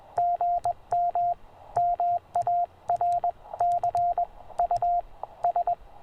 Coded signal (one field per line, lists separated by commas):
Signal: Morse code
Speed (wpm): 21 wpm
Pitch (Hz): 690 Hz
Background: radio noise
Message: GM MARCUS